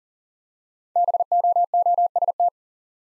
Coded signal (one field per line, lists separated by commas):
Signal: Morse code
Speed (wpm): 42 wpm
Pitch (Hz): 700 Hz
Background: none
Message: BOOST